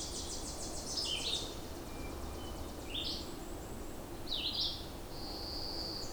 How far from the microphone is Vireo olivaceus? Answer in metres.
about 20 m